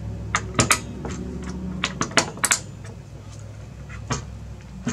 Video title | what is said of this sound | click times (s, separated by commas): [ASRock H110] - Part 03 - Install the CPU heatsink and fan onto the motherboard. | then push down it'll snap into place | 0.4 s, 0.7 s, 1.8 s, 2.2 s, 2.5 s